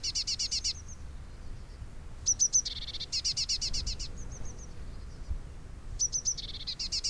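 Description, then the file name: Eurasian blue tit giving repeated bouts of high thin notes and rapid buzzy trills, several phrases throughout with short pauses between, against a low rumbling background. "Cyanistes caeruleus"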